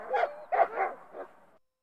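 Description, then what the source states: Dog barking: four short, sharp barks in quick succession over about one and a half seconds, the last one softer, then silence. A pack of dogs barking.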